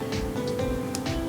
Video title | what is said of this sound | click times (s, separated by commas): ROKR Curious Discovery Solar System - Planetary Orbits ST001 | there or feel it click and then you're not cross threading it then you can just tighten it straight on | 0.9 s